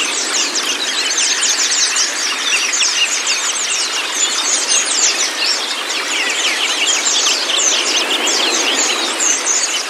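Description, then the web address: White-eye singing in a fast, continuous high chatter of thin chirps and trills, notes tumbling over one another with no clear breaks. Indonesian 'terapi buka paruh' therapy recording meant to make a white-eye open its beak and sing; a 'masteran' training track. "pleci terapi buka paruh. masteran pleci"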